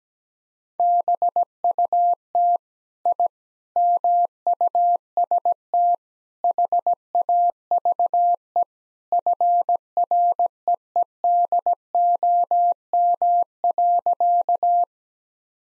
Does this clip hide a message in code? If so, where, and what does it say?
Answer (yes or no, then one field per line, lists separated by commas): yes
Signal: Morse code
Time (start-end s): 0.8-14.8 s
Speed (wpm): 17 wpm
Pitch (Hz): 700 Hz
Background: none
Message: BUT I MUST HAVE FREEDOM.